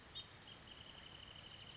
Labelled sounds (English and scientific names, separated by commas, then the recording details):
Wrentit (Chamaea fasciata)
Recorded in Sonoma County, California